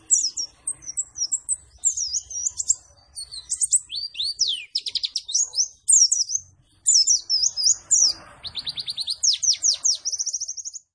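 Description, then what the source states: White-eye singing a lively high-pitched warble of quick chirps and trills, with a buzzy rattled phrase toward the end. Performing energetically after being given a vitamin C drink as a supplement.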